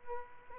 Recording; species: mosquito wingbeat signal from an infrared sensor; Aedes albopictus